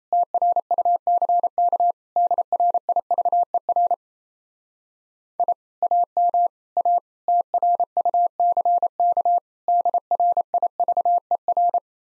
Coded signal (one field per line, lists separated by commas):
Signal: Morse code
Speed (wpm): 34 wpm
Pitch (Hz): 700 Hz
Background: none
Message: TRUCK DRIVER I AM A TRUCK DRIVER